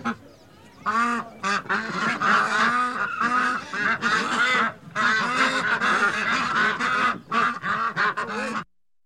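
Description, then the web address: Geese and ducks giving a loud, agitated chorus of honks and quacks, several calling at once, before the sound cuts off abruptly. Excited ducks and geese calling together. "ducks geese excited animal bird goose"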